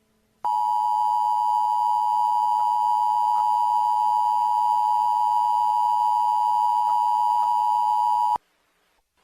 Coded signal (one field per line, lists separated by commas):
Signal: Emergency Alert System (SAME) tones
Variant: 853 and 960 Hz attention tone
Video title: The Kansas City Twins - EAS Mock